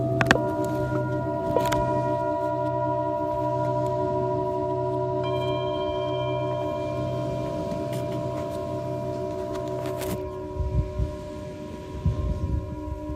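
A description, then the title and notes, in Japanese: A singing bowl rings with a steady, sustained tone layered over a low, throbbing hum that pulses slowly through most of the clip. Light taps and clicks occur near the start and around ten seconds, and the low hum grows rougher toward the end. 秋分メキシコから シンギングボウルのサウンドヒーリング。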